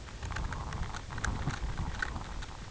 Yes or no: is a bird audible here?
no